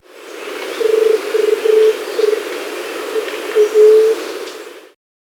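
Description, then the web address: White-tipped dove giving low, hollow cooing: a few soft stuttered notes followed by a longer drawn-out moan, over steady background hiss. Ecuador. "Birds of Ecuador. White-Tipped Dove"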